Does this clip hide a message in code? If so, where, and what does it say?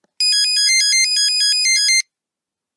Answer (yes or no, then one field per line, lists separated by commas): no